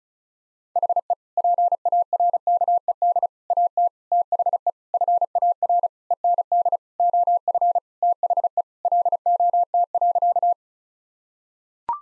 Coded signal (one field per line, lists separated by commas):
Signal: Morse code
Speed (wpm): 36 wpm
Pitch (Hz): 700 Hz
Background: none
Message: HE PARKED AT THE FAR END OF THE LOT.